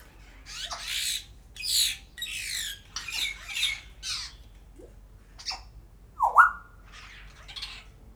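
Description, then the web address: Grey parrot calling with a series of rasping squawks, then a clear swooping whistle that drops and rises sharply, ending with softer scratchy notes. Captive bird at a zoo in Szeged, recorded in 2011. "allathangok 2011 jakopapagaj jako csoricse"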